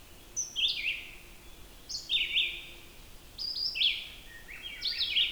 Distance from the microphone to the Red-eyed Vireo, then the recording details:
about 15 m. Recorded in boreal forest in Alberta, Canada, on 14 June 2016 at 06:40. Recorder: SongMeter 3, array SBT-3-33. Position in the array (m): 152 m, 182 m